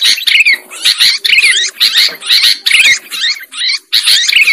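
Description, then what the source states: Lovebird chatter, shrill harsh squeaks in rapid bursts, about two per second, with brief gaps between bursts. Lure sound used for trapping lovebirds.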